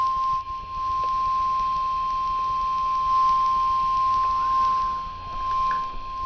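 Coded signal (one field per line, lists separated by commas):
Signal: Emergency Alert System (SAME) tones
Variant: 1050 Hz attention tone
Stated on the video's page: Real severe thunderstorm warning received on NOAA Weather Radio.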